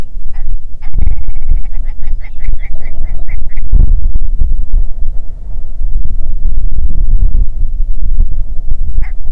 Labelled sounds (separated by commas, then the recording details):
songbird, grouse or ptarmigan, wind
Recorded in the Prudhoe Bay oil fields, Alaska, on 6 June 2019 at 03:43
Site 16